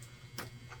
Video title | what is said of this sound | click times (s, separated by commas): X-FLY TWIN 40MM F-22 RAPTOR UNBOX AND BUILD by Fat Guy Flies RC | little snap as it it locks into place that's a locking servo lead I love those things | 0.4 s